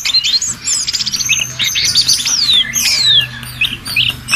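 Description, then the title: Bird song: rapid, varied high whistles and chirps, with sharp downslurred notes and quick trills tumbling one after another. "SuaraBurung Kicau"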